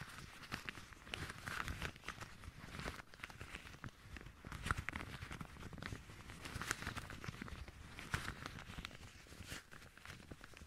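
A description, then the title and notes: Gloved hands rub and handle material, making a dense, continuous run of rustling, crinkling and scraping. Sharper crackles and brief swishes come every second or so, with louder bursts near 2, 5 and 7 seconds. No voices are heard. ASMR Hand Sounds No Talking - Different Glove Sounds.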